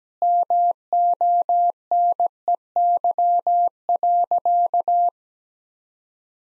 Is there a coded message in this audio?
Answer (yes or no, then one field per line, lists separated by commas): yes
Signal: Morse code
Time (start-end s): 0.2-5.1 s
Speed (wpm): 17 wpm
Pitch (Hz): 700 Hz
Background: none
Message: MONEY.